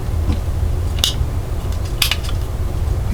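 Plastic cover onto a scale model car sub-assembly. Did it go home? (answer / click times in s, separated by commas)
yes / 1.0 s, 2.0 s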